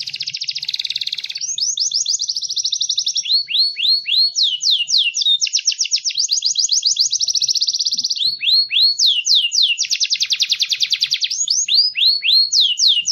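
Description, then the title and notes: Songbird delivers loud buzzy trills interspersed with sweeping whistled notes in a steady, energetic run. Complete masteran songbird song compilation intended for training songbirds. "Master Burung Kicau. Masteran Burung Kicau Lengkap"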